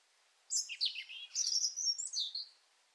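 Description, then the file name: European robin song, one rich two-second phrase of high sliding whistles and quick tinkling notes, clean and clear against a quiet background. "Erithacus rubecula"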